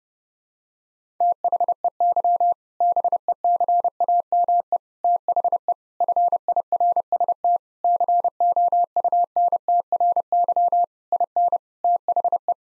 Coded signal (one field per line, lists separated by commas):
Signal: Morse code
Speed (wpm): 30 wpm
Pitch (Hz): 700 Hz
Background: none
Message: THEY BECAME THE FIRST COUNTRY IN THE